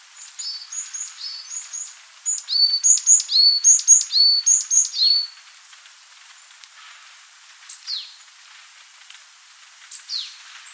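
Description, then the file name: Varied tit calls: a quick run of high double notes for about five seconds, then a few isolated descending squeaks amid faint background hiss. "Parus varius"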